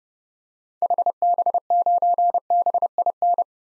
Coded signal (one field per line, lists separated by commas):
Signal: Morse code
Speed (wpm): 32 wpm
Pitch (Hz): 700 Hz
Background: none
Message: HB9BIN